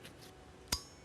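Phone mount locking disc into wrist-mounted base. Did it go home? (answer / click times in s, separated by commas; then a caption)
yes / 0.7 s. A 3D-printed phone mount with a locking disc is pressed onto a wrist-mounted base. After a faint tick near 0.1 s, the spring-loaded pins in the unit snap into the holes in the disc with one sharp, bright click at 0.7 s. The mount is seated on the wrist unit.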